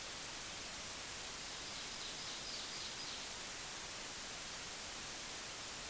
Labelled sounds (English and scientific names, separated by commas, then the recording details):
Ovenbird (Seiurus aurocapilla) song
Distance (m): 60 m
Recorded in boreal forest in Alberta, Canada, on 25 June 2016 at 06:14
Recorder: SongMeter 3, array SBT-6-76
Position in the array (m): 28 m, 115 m
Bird 2